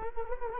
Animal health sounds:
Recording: mosquito wingbeat signal from an infrared sensor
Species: Culex quinquefasciatus

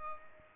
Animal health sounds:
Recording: mosquito wingbeat signal from an infrared sensor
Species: Culex pipiens

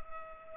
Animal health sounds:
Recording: mosquito wingbeat signal from an infrared sensor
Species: Culex pipiens

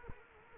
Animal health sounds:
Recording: mosquito wingbeat signal from an infrared sensor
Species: Culex quinquefasciatus

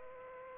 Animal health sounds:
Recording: mosquito wingbeat signal from an infrared sensor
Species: Aedes aegypti

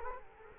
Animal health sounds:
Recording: mosquito wingbeat signal from an infrared sensor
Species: Culex quinquefasciatus

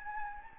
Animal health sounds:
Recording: mosquito wingbeat signal from an infrared sensor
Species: Anopheles gambiae

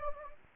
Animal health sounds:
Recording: mosquito wingbeat signal from an infrared sensor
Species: Anopheles gambiae

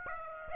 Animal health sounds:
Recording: mosquito wingbeat signal from an infrared sensor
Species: Aedes aegypti

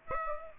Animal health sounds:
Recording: mosquito wingbeat signal from an infrared sensor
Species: Aedes aegypti

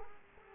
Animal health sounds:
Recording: mosquito wingbeat signal from an infrared sensor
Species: Culex quinquefasciatus

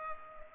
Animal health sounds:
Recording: mosquito wingbeat signal from an infrared sensor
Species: Culex pipiens

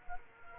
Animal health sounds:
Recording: mosquito wingbeat signal from an infrared sensor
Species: Culex quinquefasciatus

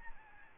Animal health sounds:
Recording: mosquito wingbeat signal from an infrared sensor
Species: Aedes albopictus

